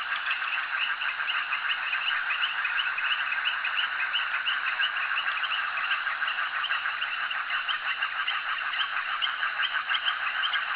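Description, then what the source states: Frogs calling together in a steady chorus, fast pulsed notes running without pause over nearly eleven seconds. Frogs calling at a jetty.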